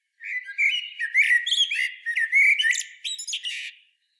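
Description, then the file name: Eurasian blackbird giving a whistled, fluty phrase that breaks into squeaky, high twittering notes, with a short run of rising and falling whistles. "Turdus merula"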